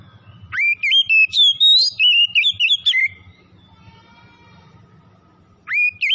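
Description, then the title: Oriental magpie-robin song, a bright run of rapid whistled and trilled notes lasting over two seconds, a pause, then a new phrase starting with an upswept whistle. "Kacer Tretes"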